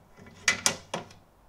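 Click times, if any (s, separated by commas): 0.5 s, 0.7 s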